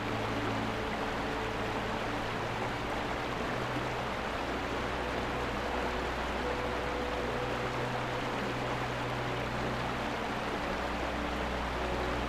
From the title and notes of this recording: Relax with this peaceful waterfall and an ambient soundscape.